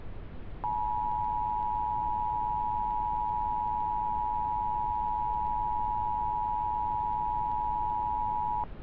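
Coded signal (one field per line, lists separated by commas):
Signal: Emergency Alert System (SAME) tones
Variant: 853 and 960 Hz attention tone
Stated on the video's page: Simulated EAS scenario made as a realism test.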